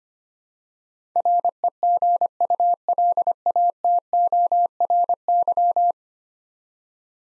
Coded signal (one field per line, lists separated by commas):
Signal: Morse code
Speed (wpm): 25 wpm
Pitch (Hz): 700 Hz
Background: none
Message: REGULATORY